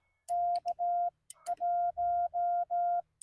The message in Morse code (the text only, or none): K1